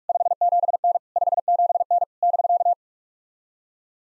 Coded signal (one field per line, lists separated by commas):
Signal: Morse code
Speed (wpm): 44 wpm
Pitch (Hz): 700 Hz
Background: none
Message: 57N 57N <BK>